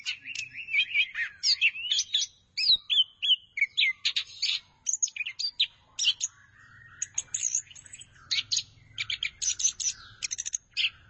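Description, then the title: Thrush delivering a long, energetic song of sweeping whistles and chattering bursts. "burung anis x"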